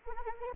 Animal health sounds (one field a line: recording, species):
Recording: mosquito wingbeat signal from an infrared sensor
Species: Anopheles arabiensis